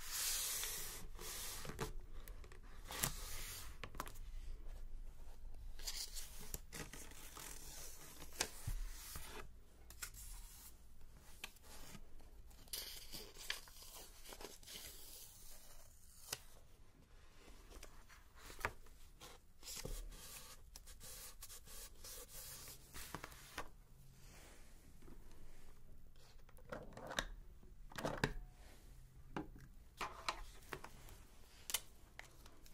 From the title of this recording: Page Turning, Typing and Book Stamping